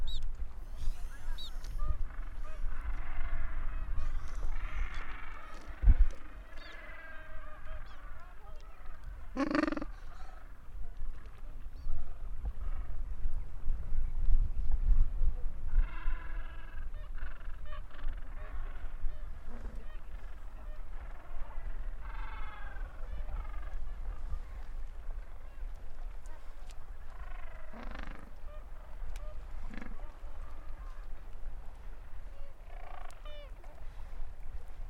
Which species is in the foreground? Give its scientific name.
Pygoscelis papua